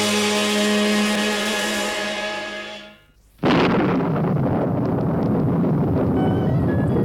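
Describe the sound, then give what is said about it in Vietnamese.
A steady, loud rush of heavy rain and gusting wind starts abruptly after a few seconds of humming tones fade to a brief hush, then roars on evenly with no voices. “À, trời mưa gió như vậy chắc không thể nhanh chân tìm đến khách sạn kịp, hãy tìm nơi tạm trú chờ dứt hạt hẳn hay.”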